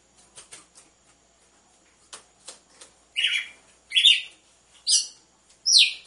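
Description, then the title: Red-cowled cardinal song: soft ticks at first, then four loud bright chirps about a second apart. Female song, used to warm up or stimulate males; set with the beat of two males. "Canto Galo Campina Fêmea 01. ESQUENTE GALO DE CAMPINA COM BATIDA DE DOIS MACHOS"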